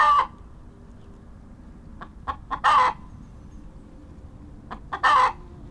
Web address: Tom Hutchings Chicken Cluck and Squawks